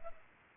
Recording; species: mosquito wingbeat signal from an infrared sensor; Culex pipiens